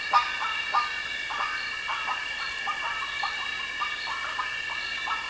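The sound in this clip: Bird calls: short notes repeated irregularly about every half second over a steady background hum.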